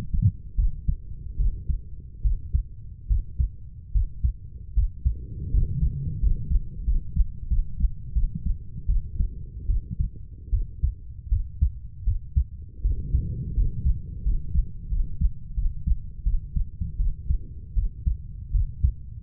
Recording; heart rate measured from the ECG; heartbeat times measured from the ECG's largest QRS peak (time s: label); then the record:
heart sounds by stethoscope; 80 bpm
0.57 s: heartbeat
1.38 s: heartbeat
2.23 s: heartbeat
3.08 s: heartbeat
3.93 s: heartbeat
4.75 s: heartbeat
5.52 s: heartbeat
6.21 s: heartbeat
6.85 s: heartbeat
7.49 s: heartbeat
8.14 s: heartbeat
8.87 s: heartbeat
9.67 s: heartbeat
10.51 s: heartbeat
11.30 s: heartbeat
12.05 s: heartbeat
12.82 s: heartbeat
13.55 s: heartbeat
14.24 s: heartbeat
14.90 s: heartbeat
15.55 s: heartbeat
16.24 s: heartbeat
16.98 s: heartbeat
17.75 s: heartbeat
18.52 s: heartbeat
From the record:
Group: healthy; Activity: rest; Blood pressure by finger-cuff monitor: 133/46 mmHg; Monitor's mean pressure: 77 mmHg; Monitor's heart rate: 81 bpm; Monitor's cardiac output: 11.6 L/min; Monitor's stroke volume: 138 mL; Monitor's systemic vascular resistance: 480 dyn s/cm5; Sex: female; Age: 32 years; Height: 168 cm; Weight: 61.9 kg